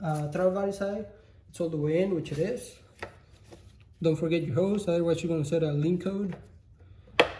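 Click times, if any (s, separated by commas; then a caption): 7.2 s. A hose quick connector is pushed straight onto its engine fitting on a 2013 Equinox during spark plug replacement work, after the intake work. Someone talks for most of the clip, and a single sharp, loud click at 7.2 s marks the connector seating.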